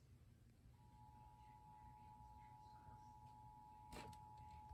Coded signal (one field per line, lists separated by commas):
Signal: Emergency Alert System (SAME) tones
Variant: 853 and 960 Hz attention tone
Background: speech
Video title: new jersey required monthly test +bonus alert [EAS #17-20] (7/18/23)